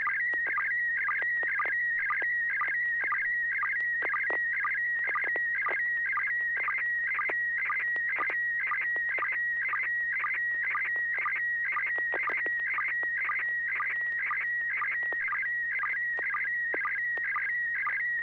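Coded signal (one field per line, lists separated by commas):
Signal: SSTV (slow-scan television)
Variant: PD120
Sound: warbling, chirping tone near 2 kHz with rhythmic low blips about twice a second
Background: low mains hum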